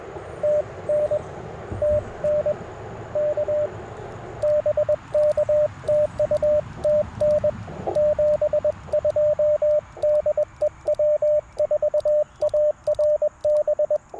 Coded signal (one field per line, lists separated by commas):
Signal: Morse code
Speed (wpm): 20 wpm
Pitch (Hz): 590 Hz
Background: radio noise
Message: TN TN K BK TU TN 72 DE W4ARB